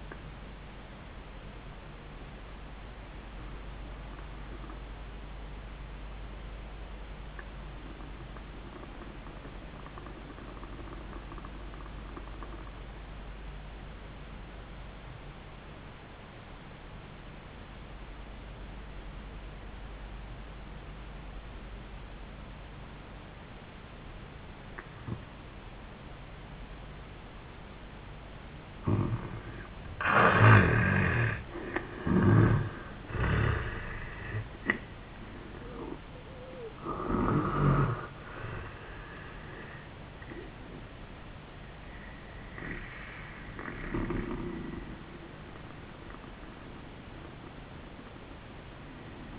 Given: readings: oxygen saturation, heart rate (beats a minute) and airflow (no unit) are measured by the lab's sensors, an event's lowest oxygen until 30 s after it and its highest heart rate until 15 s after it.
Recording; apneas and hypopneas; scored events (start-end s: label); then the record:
breathing in sleep by a voice recorder at the bedside; 1
5.00-29.60 s: obstructive apnea (N1, oxygen 98% highest, then 78% lowest, heart rate 85 at the start, 91 highest)
15.00-49.38 s: new sleep stage, N2 (light sleep)
From the record:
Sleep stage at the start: N1 (lightest sleep); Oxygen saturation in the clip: 77 to 98%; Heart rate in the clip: 75 to 93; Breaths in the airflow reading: 6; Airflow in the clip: -14.6 to 8.8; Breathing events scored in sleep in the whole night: 400 in 8.7 hours asleep